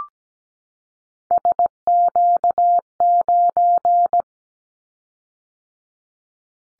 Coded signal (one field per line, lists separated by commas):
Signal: Morse code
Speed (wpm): 17 wpm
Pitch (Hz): 700 Hz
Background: none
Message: SQ9